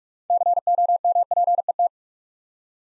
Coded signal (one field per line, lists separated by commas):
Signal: Morse code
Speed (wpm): 44 wpm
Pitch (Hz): 700 Hz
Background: none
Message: COMPET